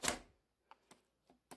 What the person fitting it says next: it just snaps right in okay